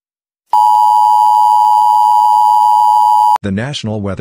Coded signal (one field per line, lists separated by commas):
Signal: Emergency Alert System (SAME) tones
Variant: 853 and 960 Hz attention tone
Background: speech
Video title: Trash EAS mock!